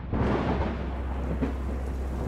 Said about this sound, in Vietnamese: Nửa đêm hôm ấy trời đổ một trận mưa to.